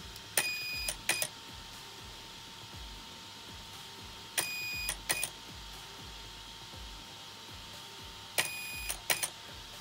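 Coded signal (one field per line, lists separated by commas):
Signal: beep code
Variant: Arrma BLX-185 ESC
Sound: a long beep then a short beep, repeated three times, with clicks around each beep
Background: quiet room hiss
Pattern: 1 long, 1 short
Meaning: Punch setting six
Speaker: i should hear one long beep and one short beep okay here i go so that's at punch setting six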